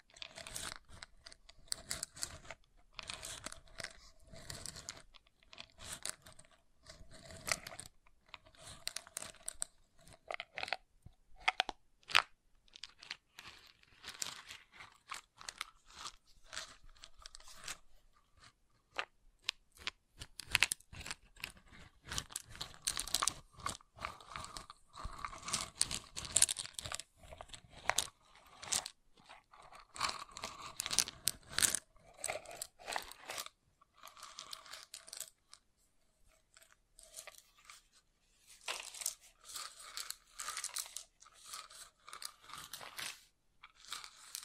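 Wooden triggers tap, scrape and crunch in dense, irregular clusters of crisp clicks, thinning out in the last ten seconds with sparse taps.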